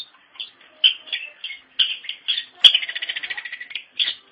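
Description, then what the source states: Long-tailed shrike song, a varied chattering phrase of scratchy notes with a fast, rattling trill in the middle. Indonesian local name pentet; labelled 201703.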